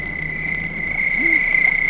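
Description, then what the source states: Crickets trill steadily at high pitch, with a brief low rising-falling sound near the middle. Crickets at night.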